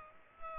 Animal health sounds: mosquito wingbeat signal from an infrared sensor; Aedes aegypti

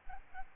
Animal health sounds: mosquito wingbeat signal from an infrared sensor; Aedes albopictus

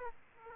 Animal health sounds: mosquito wingbeat signal from an infrared sensor; Aedes aegypti

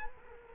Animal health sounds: mosquito wingbeat signal from an infrared sensor; Culex quinquefasciatus

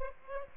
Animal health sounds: mosquito wingbeat signal from an infrared sensor; Aedes aegypti

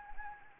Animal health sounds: mosquito wingbeat signal from an infrared sensor; Anopheles arabiensis

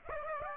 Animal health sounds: mosquito wingbeat signal from an infrared sensor; Aedes aegypti

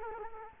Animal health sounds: mosquito wingbeat signal from an infrared sensor; Culex quinquefasciatus

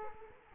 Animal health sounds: mosquito wingbeat signal from an infrared sensor; Culex quinquefasciatus

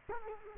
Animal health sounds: mosquito wingbeat signal from an infrared sensor; Culex quinquefasciatus

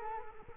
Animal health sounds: mosquito wingbeat signal from an infrared sensor; Culex quinquefasciatus

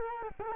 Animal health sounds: mosquito wingbeat signal from an infrared sensor; Culex quinquefasciatus

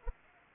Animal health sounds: mosquito wingbeat signal from an infrared sensor; Anopheles arabiensis

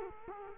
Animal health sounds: mosquito wingbeat signal from an infrared sensor; Culex quinquefasciatus

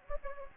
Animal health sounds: mosquito wingbeat signal from an infrared sensor; Anopheles gambiae

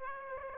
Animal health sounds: mosquito wingbeat signal from an infrared sensor; Aedes aegypti

